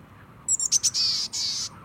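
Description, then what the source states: Boreal Chickadee calls: a few high thin chips followed by two drawn-out, hoarse, buzzy notes, each under half a second, over a quiet background. Lives year-round in boreal spruce and fir forest, staying through winter; caches insects and seeds in summer.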